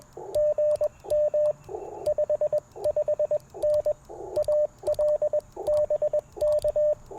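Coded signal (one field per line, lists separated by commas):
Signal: Morse code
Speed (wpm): 21 wpm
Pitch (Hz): 600 Hz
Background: radio noise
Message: GM 55N ALBK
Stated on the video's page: QRP CW Parks on the Air activation with an Icom IC-705, Modern Morse Nameless key, Packtenna random wire and Elecraft T1 tuner.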